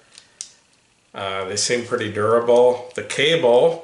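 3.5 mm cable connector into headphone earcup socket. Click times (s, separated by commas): 0.2 s, 0.4 s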